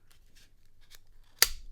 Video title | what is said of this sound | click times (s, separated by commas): New Arkfeld Ultra, Perun 3 & a Sphere! Massive Olight Unboxing! | Oh yeah, it just snaps right in. No problem. | 1.4 s